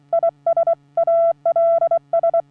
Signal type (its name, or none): Morse code